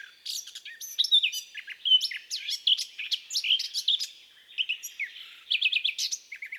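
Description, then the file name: Eurasian blackcap song, a rich fast warble of varied whistled and chattering notes running almost continuously, with a brief pause before a final burst. "baratposzata"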